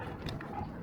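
Two plastic folding shoe box organizers are being handled and pressed together at their marked joining points, producing soft plastic handling noise with a brief sharp sound around 0.3 s. Nothing has seated or clicked yet; the boxes have not locked together.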